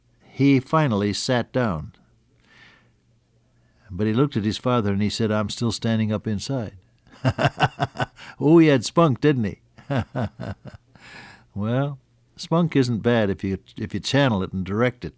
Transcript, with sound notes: he finally sat down, but he looked at his father and he said, “I’m still standing up inside.” [laughter] Oh, he had spunk, didn’t he? [laughter] Well, spunk isn’t bad, if you channel it and direct it.